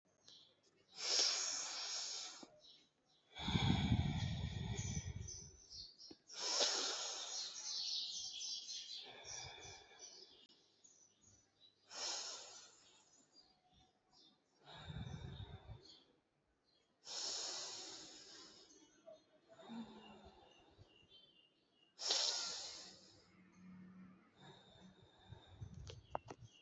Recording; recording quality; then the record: deep breathing; excellent, no background noise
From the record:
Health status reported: healthy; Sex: male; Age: 20 years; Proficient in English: yes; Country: India